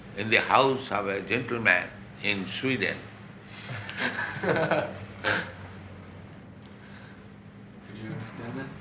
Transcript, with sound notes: in the house of a gentleman in Sweden. [laughter]
Could you understand that?